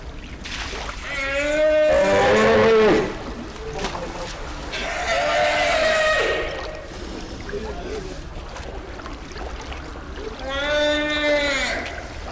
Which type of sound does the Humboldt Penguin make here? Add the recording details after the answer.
call. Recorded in captivity. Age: adult. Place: Zoo Berlin, Berlin, DE. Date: 1993-01-01 13:22. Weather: sonnig, -6°C. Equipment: Marantz CP 430, Sennheiser ME 80, Kopie Uher Variocord 263. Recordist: Tembrock, Günter